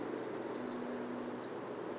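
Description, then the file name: Eurasian blue tit: a sustained high thin note, two downslurred notes, then a crisp trill of several repeated notes. "Cyanistes caeruleus"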